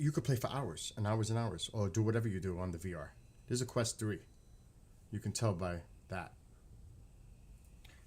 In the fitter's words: And this just snaps into place.